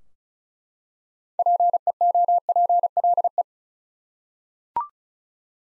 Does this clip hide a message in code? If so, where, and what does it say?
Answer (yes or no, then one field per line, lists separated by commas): yes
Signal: Morse code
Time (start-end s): 1.4-3.4 s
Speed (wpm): 36 wpm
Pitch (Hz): 700 Hz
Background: none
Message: PEOPLE